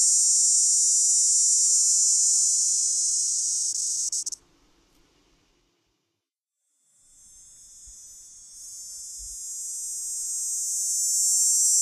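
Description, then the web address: Dog-day cicada producing a loud, high, steady buzzing drone that cuts off abruptly, leaves a few seconds of quiet, then swells back up to full strength. North America. "Songs of Insects. Dog-day Cicada"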